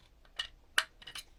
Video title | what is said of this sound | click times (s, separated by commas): TOMY CrackBot Full Coverage - Refurbished | popped into place | 0.8 s